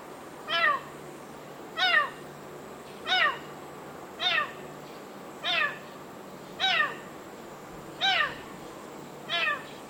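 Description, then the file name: Cat: kitten giving sharp, descending meows in a fast series, roughly one every one and a quarter seconds, over faint steady hiss. Kitten, panicked meow sequence. "ANIMAL KITTEN PANICKED MEOW SEQUENCE"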